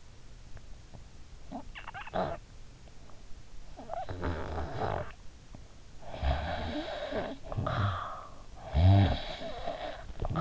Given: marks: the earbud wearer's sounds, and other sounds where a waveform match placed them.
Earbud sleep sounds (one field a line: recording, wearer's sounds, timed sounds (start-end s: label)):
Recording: sounds in sleep by an in-ear microphone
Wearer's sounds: snoring breath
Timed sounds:
0.00-10.41 s: snoring breath